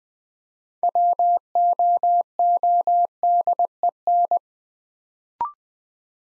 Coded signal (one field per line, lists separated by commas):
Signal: Morse code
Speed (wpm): 20 wpm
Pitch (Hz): 700 Hz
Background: none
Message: WOODEN